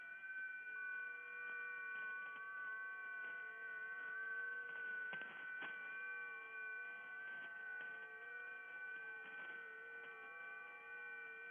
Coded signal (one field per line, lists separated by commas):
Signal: FT8